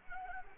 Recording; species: mosquito wingbeat signal from an infrared sensor; Anopheles arabiensis